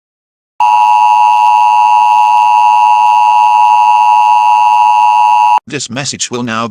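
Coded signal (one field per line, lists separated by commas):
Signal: Emergency Alert System (SAME) tones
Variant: 853 and 960 Hz attention tone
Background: speech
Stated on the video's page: Fictional EAS scenario with valid alert tones, including Malaysian and Swiss alert scripts; not real.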